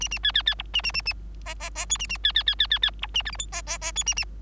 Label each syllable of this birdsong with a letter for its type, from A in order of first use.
A A B B B C A A A A D D D E A A B B B B B B C A F G H D D D E A A